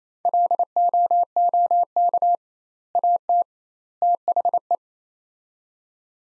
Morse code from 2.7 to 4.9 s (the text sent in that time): AT THE